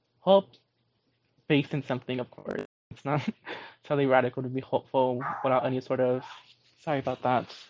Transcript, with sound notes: Hope based in something of course. It's not really radical to be hopeful without [dog barking] any sort of--sorry about that.